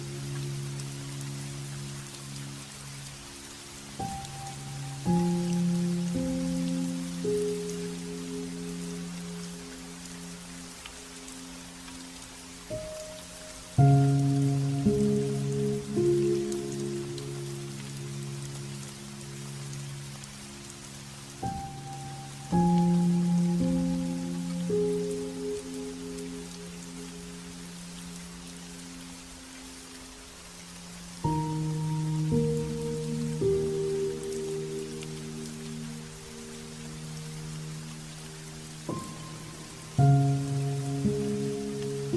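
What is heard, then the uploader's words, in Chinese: Soft piano plays over steady light rain by a lake. Sparse, slow chords and gentle low notes arrive in phrases roughly every eight seconds, with brighter single notes ringing above, while the fine, even patter of rain fills the background throughout. 湖畔細雨聲 鋼琴伴著雨聲的平靜與安寧。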